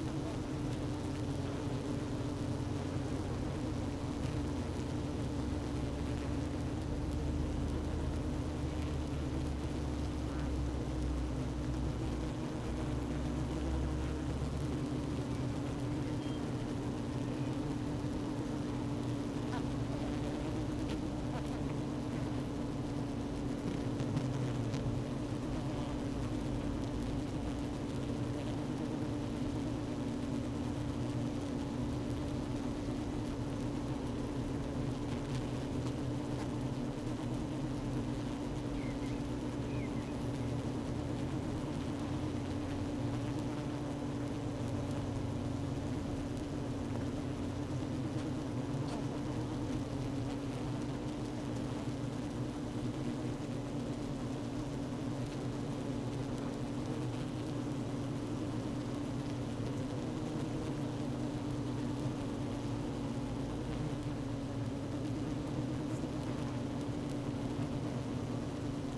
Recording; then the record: honeybee colony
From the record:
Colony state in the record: active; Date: 12 June 2018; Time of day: 16:01